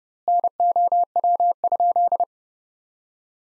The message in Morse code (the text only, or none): NOW?